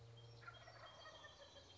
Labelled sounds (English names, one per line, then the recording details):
Wild Turkey
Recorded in Sonoma County, California